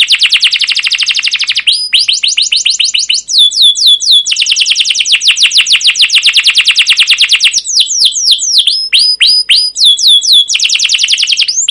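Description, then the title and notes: Canary song of long rapid trills and chattering sweeping notes, changing tempo between phrases but running continuously. Song used as a lure and master recording for training young canaries to learn sounds; emotional, long chirping 'cuit cuit' style song. "CUIT CUIT NGEROL LANGSUNG GACOR PANJANG Kenari Ini AMPUH Utk Pancingan KENAR. PANCINGAN Kenari GACOR PANJANG Cuit CUIT EMOSI ini AMPUH utk MASTERAN Kenari PAUD belajar BUNYI. burung kenari"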